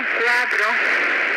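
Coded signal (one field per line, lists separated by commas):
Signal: numbers station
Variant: Spanish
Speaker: Bien, ese es un ejemplo de las transmisiones en idioma español. Y bueno, esta última fue grabada por su servidor, si les llega a interesar, en la frecuencia 11.735.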